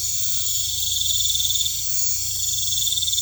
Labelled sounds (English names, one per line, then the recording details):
none
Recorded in pastures near Puerto Asís, Putumayo, Colombia, on 16 December 2024 at 19:30
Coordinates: 0.472, -76.329
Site G072